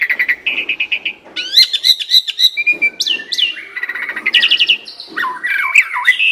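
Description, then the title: Asian pied starling song: fast mix of buzzy notes, clear whistles and chattering trills, delivered continuously with little pause. Training song (masteran) meant to make birds that sing too little and seem listless sing more. "Masteran Jalak Suren Atasi Burung KURANG GACOR Dan LOYO"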